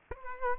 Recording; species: mosquito wingbeat signal from an infrared sensor; Culex quinquefasciatus